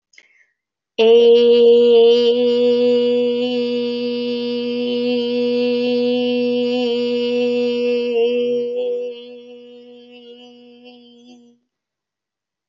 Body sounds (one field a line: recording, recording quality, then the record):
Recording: sustained vowel as in made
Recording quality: moderate, slight background noise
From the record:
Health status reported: healthy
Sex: female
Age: 30 years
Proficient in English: yes